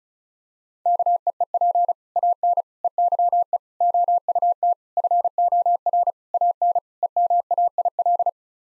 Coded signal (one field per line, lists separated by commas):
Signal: Morse code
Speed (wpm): 36 wpm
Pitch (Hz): 700 Hz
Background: none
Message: KEEP AN EYE OUT FOR AN EMAIL